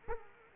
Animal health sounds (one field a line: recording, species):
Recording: mosquito wingbeat signal from an infrared sensor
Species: Culex quinquefasciatus